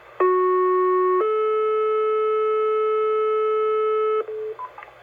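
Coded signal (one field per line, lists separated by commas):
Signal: two-tone page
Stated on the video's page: Two-tone pager test paging.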